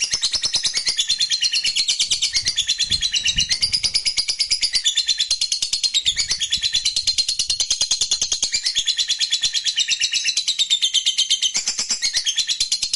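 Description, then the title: Lovebird pouring out an unbroken stream of shrill, fast twittering notes, the rapid pulsing chatter steady and loud from start to finish. Fighter-type lovebird singing energetically (gacor). "SUARA Lovebird FIGHTER GACOR"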